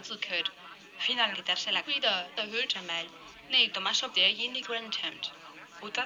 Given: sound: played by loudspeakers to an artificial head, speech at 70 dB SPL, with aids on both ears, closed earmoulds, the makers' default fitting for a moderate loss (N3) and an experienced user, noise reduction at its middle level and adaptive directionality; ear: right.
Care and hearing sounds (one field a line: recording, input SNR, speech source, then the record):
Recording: speech test signal (ISTS) in cocktail-party noise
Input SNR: +6 dB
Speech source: on the right (90 degrees)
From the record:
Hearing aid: class 1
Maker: G